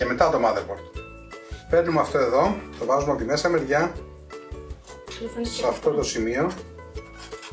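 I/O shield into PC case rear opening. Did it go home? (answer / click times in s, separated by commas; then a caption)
no / none. A rear I/O shield plate is handled and fitted from inside a PC case toward the back opening, ahead of the motherboard, while someone talks over background music. Nothing has seated or clicked yet; the shield is not yet pressed home.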